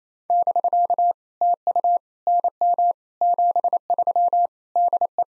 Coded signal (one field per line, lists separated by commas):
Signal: Morse code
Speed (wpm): 28 wpm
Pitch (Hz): 700 Hz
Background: none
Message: <BK> TU NM 73 DE